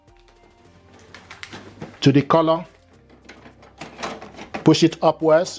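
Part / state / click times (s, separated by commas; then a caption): color ink cartridge into inkjet printer carriage / not seated / none. A color ink cartridge is handled at the carriage of an HP Deskjet 4100 Series inkjet printer while someone talks over faint background music, with a few small handling taps. The cartridge is being pushed upward, but nothing has seated or clicked yet.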